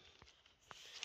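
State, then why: Not seated. Someone handles the LCD screen ribbon cable of a Samsung Chromebook laptop as it is slid back toward its motherboard connector, where the locking flap will be pressed closed. Only a few faint, short ticks and light handling noises are heard over a quiet background. The clip ends before the part goes home, so nothing has seated or clicked yet.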